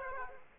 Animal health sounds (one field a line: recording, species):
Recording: mosquito wingbeat signal from an infrared sensor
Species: Aedes aegypti